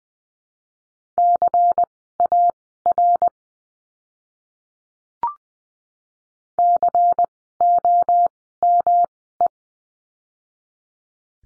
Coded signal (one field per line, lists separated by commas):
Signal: Morse code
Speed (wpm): 20 wpm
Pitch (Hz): 700 Hz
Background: none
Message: CAR COME